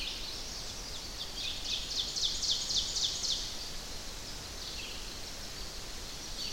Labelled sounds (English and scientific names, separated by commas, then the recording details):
Ovenbird (Seiurus aurocapilla) song
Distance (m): 50 m
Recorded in boreal forest in Alberta, Canada, on 10 June 2016 at 07:01
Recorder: SongMeter 3, array SBT-3-39
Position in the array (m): 232 m, 96 m
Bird 17